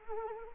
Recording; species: mosquito wingbeat signal from an infrared sensor; Anopheles arabiensis